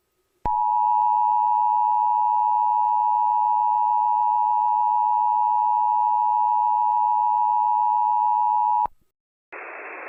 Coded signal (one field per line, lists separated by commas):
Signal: Emergency Alert System (SAME) tones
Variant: 853 and 960 Hz attention tone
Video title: EAS Scenario #3: The Minecraft Disaster